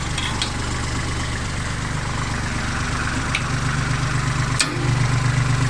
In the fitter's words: lock into place so the safety pins locked in